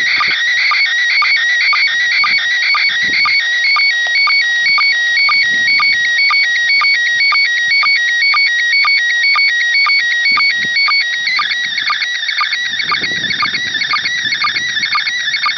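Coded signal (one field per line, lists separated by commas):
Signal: SSTV (slow-scan television)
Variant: PD120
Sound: steady warbling electronic tone hopping between pitches, with quick low clicks about twice a second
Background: radio static, low rumble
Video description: ISS-SSTV (MAI-75) images in PD120 mode received on TH-D74E + Arrow-2 Antenna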